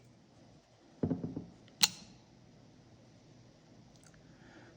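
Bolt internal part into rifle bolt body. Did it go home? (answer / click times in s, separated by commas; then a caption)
yes / 1.8 s. While reassembling a Benelli Lupo rifle bolt, an internal part is pushed into the steel bolt body with a tool whose end is wrapped in electrical tape to protect the bolt. A short burst of low scraping and creaking starts around 1.0 s, then a sharp, bright click at 1.8 s as the part seats in place.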